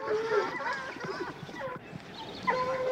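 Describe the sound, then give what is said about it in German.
A pack of hunting hounds bays and barks as a mounted rider hunts game with them, their overlapping yelps and drawn-out, tonal howls forming a continuous, excited clamor of moderate loudness throughout. “Der kühne Reiter bringt mit Hilfe seiner Hunde das Wild zur Strecke.”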